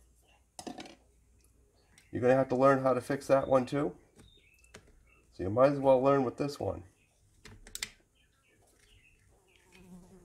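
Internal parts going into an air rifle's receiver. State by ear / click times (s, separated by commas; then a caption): seated / 7.8 s. During reassembly of a Daisy Avanti 753 single-pump air rifle after a re-seal, the internal parts are pressed down into the receiver while someone talks. Two sharp snaps at 7.8 s mark the parts snapping into place, and they are seated.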